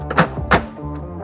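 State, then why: Seated. A plastic waste toner cartridge is pushed straight into the body of a Xerox VersaLink C625 printer with the thumbs during an imaging kit replacement. Two short knocks at about 0.1 and 0.2 s lead to a sharp click at 0.5 s as the cartridge locks back into place, sitting flush. A steady tonal background runs throughout.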